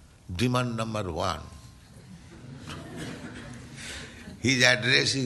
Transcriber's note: laughter